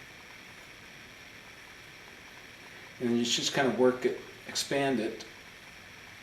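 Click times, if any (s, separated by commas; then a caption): none. A metal piston ring is being fitted onto an ATV engine piston, worked and expanded toward its first groove. After about three seconds of steady low background noise, someone talks from about 3.0 to 5.3 seconds. The ring has not snapped or seated into the groove yet.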